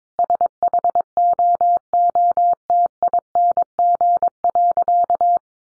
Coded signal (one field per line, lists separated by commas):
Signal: Morse code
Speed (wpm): 22 wpm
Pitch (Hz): 700 Hz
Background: none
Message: SHOOTING.